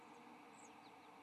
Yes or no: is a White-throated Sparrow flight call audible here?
no